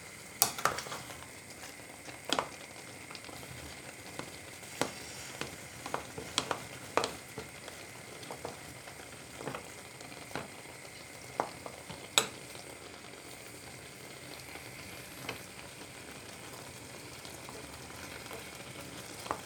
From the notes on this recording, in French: Une recette sonore d'une compote de pommes.